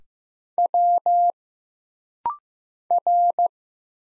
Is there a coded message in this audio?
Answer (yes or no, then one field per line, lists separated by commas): yes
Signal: Morse code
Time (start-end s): 0.6-3.5 s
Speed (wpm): 15 wpm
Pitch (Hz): 700 Hz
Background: none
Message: W R